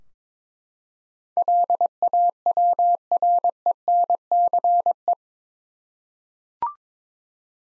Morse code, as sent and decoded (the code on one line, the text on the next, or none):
.-.. .- .-- .-. . -. -.-. .
LAWRENCE